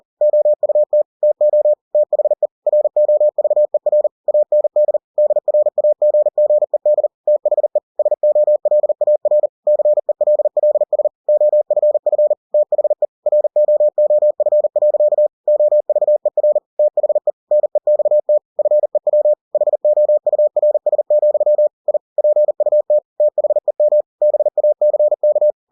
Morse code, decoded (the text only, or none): OUT TO THE ROVER AND DRAGGED THE SOLAR CELLS OFF THE ROOF. OVER THE NEXT FEW HOURS, I PUT THEM BACK